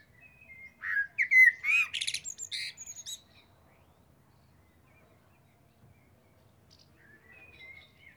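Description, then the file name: Eurasian blackbird song: one rich fluting phrase that breaks into thin, scratchy high twittering, then only faint soft notes follow. "Turdus merula"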